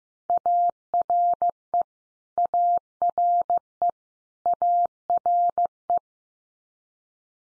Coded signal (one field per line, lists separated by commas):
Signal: Morse code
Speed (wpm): 15 wpm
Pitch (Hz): 700 Hz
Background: none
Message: ARE ARE ARE